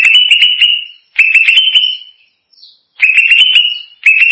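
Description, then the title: Leafbird song: rising whistled phrases with sharp clicks, four bursts separated by brief pauses. "Cucak ijo"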